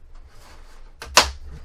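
A plastic securing piece is pushed onto a loose connection of a 1980s He-Man and the Masters of the Universe Fright Zone toy playset. A faint contact sound at 1.0 s is followed by a sharp, bright plastic click at 1.2 s. The piece snaps into place and the connection is seated.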